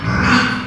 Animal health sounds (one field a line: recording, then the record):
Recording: squeal of a Yucatan mini pig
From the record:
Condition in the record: after surgery on the right vocal fold (resection and tissue-engineered implant)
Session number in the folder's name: 15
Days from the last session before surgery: 175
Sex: female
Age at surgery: 19 weeks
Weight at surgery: 25 kg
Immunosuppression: prednisolone